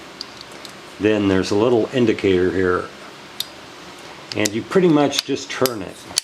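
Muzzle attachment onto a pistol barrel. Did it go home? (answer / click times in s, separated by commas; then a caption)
no / none. A metal muzzle attachment is handled onto a pistol barrel after the barrel bushing is disengaged, to be turned until it twist-locks. Faint metallic ticks are heard at the start, someone talks, and a single sharp tick sounds around 3.4 s during a pause. Nothing has seated or clicked into place yet.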